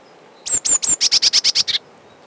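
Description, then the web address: Eurasian blue tit song of three high, thin, sliding whistles, then about eight rapid, buzzy notes in an even trill, heard against a quiet background. Recorded in spring. "vremena vesna sinica lazorevka"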